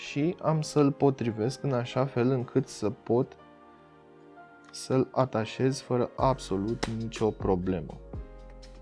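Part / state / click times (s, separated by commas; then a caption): clip-on cooling fan accessory onto a gaming phone's side connector port / not seated / none. A clip-on cooling fan accessory is handled and lined up against the side connector port of an ASUS ROG Phone 5 gaming phone, after its rubber port cover has been removed. Someone talks over faint background music, with a few small taps near the end. The fan has not seated or clicked yet.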